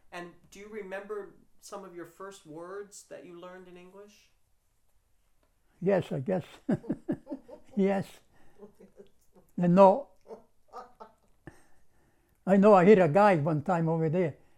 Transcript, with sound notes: And do you remember some of your first words that you learned in English?
"Yes," I guess. [Laughs] Yes and no. I know I hit a guy one time over there.